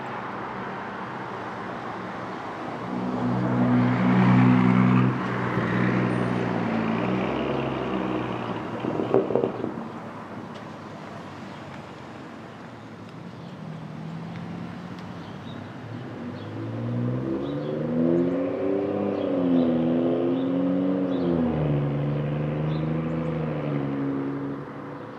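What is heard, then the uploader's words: Street traffic at dawn in Brooklyn, with a steady hiss of passing cars under a low engine hum. A vehicle rumbles through around 3–8 seconds with a brief clatter near 9, then a larger engine revs and shifts pitch from about 17 seconds to the end. Brooklyn Dawn, 4 - 17 - 20, Street Traffic II.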